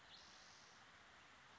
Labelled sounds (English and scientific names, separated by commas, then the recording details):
Spotted Towhee (Pipilo maculatus)
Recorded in Sonoma County, California